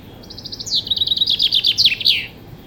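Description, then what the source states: Common chaffinch singing a fast cascading phrase of sharp high notes that drops in steps and finishes with an emphatic terminal flourish. Male.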